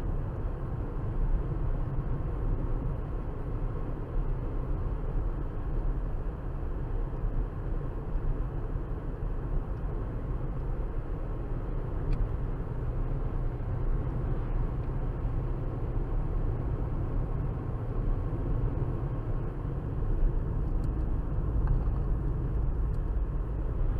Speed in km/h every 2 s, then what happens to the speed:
74, 74, 76, 74, 74, 74, 74, 72, 71, 71, 68, 64.
0-13 steady at about 74. 13-24 slows to 64.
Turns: none.